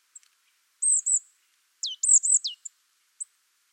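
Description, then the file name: Marsh tit calling in a chatter of high, thin notes: a short pip, two drawn-out high notes, then several sharp downswept elements bunched together, then two isolated short pips; no other sounds. "Poecile palustris"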